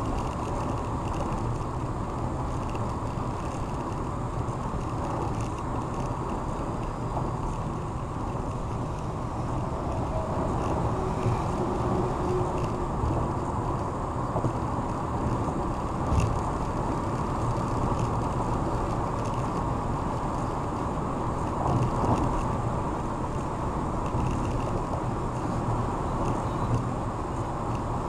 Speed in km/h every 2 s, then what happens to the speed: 124, 124, 122, 122, 124, 124, 124, 124, 124, 124, 122, 119, 119, 116.
0-18 steady at about 124. 18-28 slows to 116.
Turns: none.